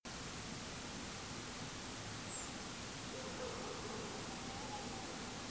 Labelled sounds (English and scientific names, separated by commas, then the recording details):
Redwing (Turdus iliacus)
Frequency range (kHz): Redwing (Turdus iliacus) 6.9-8.6 kHz
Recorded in France